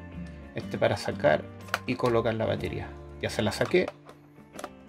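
A removable battery pack is handled at an old camcorder while someone talks over background music, with a few short sharp sounds near the start and end. The battery has not yet clicked into place; nothing has seated.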